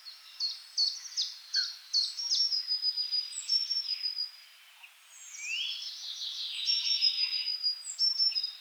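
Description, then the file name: Eurasian blue tit calling with a quick series of high, thin notes, then a rough, buzzy churr mixed with high whistles. "Cyanistes caeruleus"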